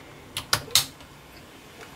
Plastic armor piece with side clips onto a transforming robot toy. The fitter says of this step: also an audible click it stayed on as long as you didn't touch it essentially